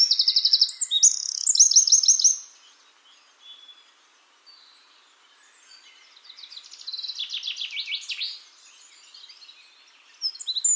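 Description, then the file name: Eurasian wren song: a loud burst of high rapid trills, then after a pause a quieter phrase of similar trills, and another loud phrase beginning at the end. "Troglodytes troglodytes"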